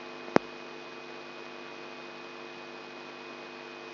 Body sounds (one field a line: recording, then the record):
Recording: brain microelectrode recording played as sound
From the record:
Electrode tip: inside the subthalamic nucleus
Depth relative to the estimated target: 3 mm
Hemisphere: right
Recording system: AlphaMap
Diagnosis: Parkinson's disease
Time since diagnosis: 14 years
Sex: female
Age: 63 years